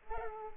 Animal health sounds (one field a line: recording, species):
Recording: mosquito wingbeat signal from an infrared sensor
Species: Culex pipiens